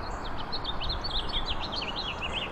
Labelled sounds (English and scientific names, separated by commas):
House Finch (Haemorhous mexicanus) song